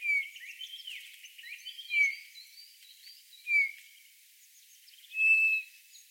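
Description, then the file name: Eurasian bullfinch calls: soft, short piping whistles, four heard over six seconds at uneven gaps, with faint higher chirps behind. "Pyrrhula pyrrhula"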